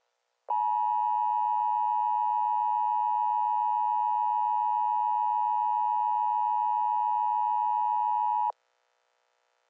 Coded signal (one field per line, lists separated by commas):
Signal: Emergency Alert System (SAME) tones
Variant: 853 and 960 Hz attention tone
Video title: Early Christmas Special) EAS Short Scenario 56 - The Grinch (Remastered)